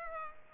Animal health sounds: mosquito wingbeat signal from an infrared sensor; Culex pipiens

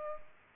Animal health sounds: mosquito wingbeat signal from an infrared sensor; Culex pipiens

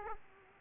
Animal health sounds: mosquito wingbeat signal from an infrared sensor; Aedes aegypti

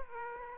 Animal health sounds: mosquito wingbeat signal from an infrared sensor; Aedes aegypti

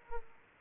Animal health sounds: mosquito wingbeat signal from an infrared sensor; Aedes aegypti

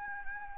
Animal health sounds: mosquito wingbeat signal from an infrared sensor; Anopheles gambiae

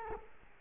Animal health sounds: mosquito wingbeat signal from an infrared sensor; Culex quinquefasciatus

